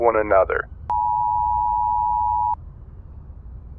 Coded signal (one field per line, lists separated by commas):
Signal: Emergency Alert System (SAME) tones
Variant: 853 and 960 Hz attention tone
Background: speech